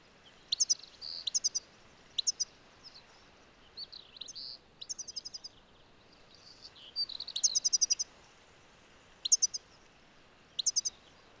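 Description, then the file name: European goldfinch giving liquid, tinkling call bursts and short twittering phrases, repeated in irregular clusters over a faint hiss. "Carduelis carduelis"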